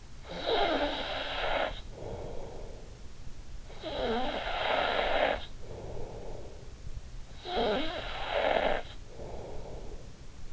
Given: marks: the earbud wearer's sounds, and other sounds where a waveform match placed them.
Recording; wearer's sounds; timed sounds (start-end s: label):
sounds in sleep by an in-ear microphone; snoring breath
0.00-3.28 s: snoring breath
3.54-6.91 s: snoring breath
7.14-10.53 s: snoring breath